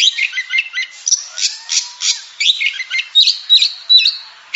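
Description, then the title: Oriental magpie-robin giving loud rasping bursts and twittering notes, with a soft low whistle early on and sharp whistles toward the close. Described as a champion singing bird, its song presented as contest-winning chirping. "Kicau Burung Kacer Juara"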